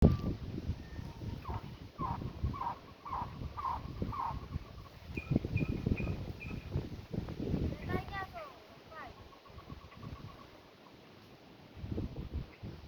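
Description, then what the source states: Cuban trogon song, a run of evenly repeated mid-pitched hooting notes, then a few higher notes and a short later series, over strong wind rumble. Cuba; rarely seen or heard bird; video recorded on a Samsung A20 phone.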